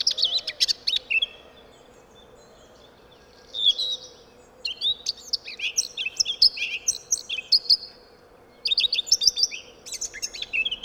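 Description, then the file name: Eurasian blackcap song: scratchy chattering warbles broken by pauses, some clear whistled notes in the middle, with a low background hum throughout. "Sylvia atricapilla"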